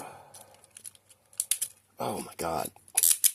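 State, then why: Not seated. A plastic part that slipped out of an MPG Raiden DK-58 Transformers toy robot figure, fitted with a DNA Studios upgrade kit, is being pushed back into its joint by hand, giving short plastic clicks and taps while someone talks. Nothing has seated or clicked home yet by the end of the clip.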